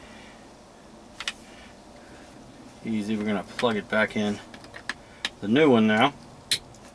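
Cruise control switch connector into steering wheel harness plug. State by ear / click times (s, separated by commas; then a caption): seated / 6.5 s. The wiring connector of a new cruise control switch on a Dodge Ram 1500/2500/3500 is pushed into its mating harness plug in the steering wheel. Someone talks over a few soft handling clicks, then a sharp click at 6.5 s marks the connector latching into place. The connector is seated.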